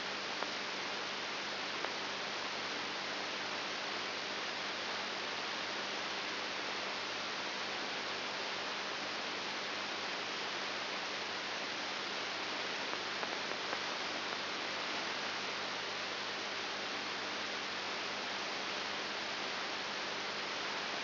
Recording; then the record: brain microelectrode recording played as sound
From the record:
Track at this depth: inside the subthalamic nucleus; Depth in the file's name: 6.501 mm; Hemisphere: left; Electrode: 3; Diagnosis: Parkinson's disease